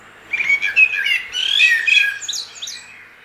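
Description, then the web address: Eurasian blackbird delivering a fast warbled phrase of rich notes with high squeaky flourishes toward the close. "SETE data Turdus merula"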